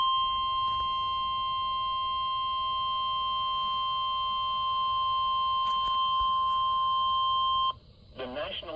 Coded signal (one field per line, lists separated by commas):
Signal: Emergency Alert System (SAME) tones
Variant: 1050 Hz attention tone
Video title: DARKE....... Severe Thunderstorm Warning (EAS #424)